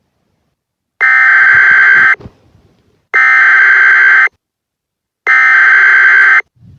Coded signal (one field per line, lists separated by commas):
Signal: Emergency Alert System (SAME) tones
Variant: header bursts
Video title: Eas Mock Emergency Action Notification